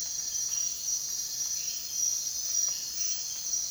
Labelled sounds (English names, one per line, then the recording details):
none
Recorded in dense forest near Puerto Asís, Putumayo, Colombia, on 23 June 2025 at 04:30
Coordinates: 0.466, -76.327
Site GP04